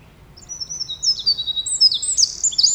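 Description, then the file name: Eurasian wren song: a run of high, thin notes that builds into quick, shrill trills. "Troglodytes troglodytes"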